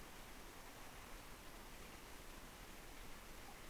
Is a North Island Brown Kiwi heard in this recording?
no